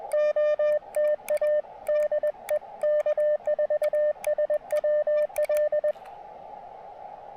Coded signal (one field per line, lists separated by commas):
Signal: Morse code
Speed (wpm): 21 wpm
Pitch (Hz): 600 Hz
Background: radio noise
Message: OTA DE K4SWL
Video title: Late-Shift QRP & Coffee: Testing the Chelegance MC-750 80M Coil During a PM POTA Activation!